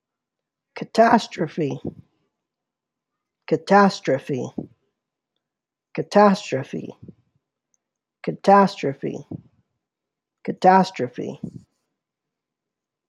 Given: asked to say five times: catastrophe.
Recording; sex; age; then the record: repeated word; male; 30 to 39 years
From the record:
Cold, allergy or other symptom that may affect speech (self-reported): no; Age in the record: 34 years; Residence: Kentucky, United States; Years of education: 14